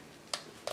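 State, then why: Not seated. An aftermarket KCI magazine is pushed into the magazine well of a DY9 clone pistol, giving two short, sharp knocks at about 0.3 s and 0.7 s over low background noise. Its wide base plate hangs up, so the magazine won't go up and nothing has seated or locked in.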